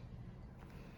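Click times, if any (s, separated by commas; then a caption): none. On a Mercedes C300 seat cover replacement, the blue plastic retaining strip of the seat cover is lined up and pushed down toward the seat back frame, after the channel has been pulled out along its length with a screwdriver. A steady low rumble fills the second, with a faint brief sound near 0.6 s. Nothing has seated or clicked yet; the strip has not popped into the back of the seat.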